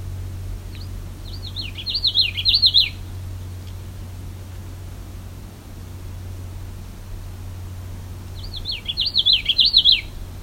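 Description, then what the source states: Common Yellowthroat song, two bursts of rapid rolling warbled phrases, the second about seven seconds after the first, over a steady low hum. Recorded in the field near a lake; the bird came very close to the recorder.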